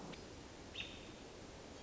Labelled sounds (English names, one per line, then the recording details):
American Robin
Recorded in Sonoma County, California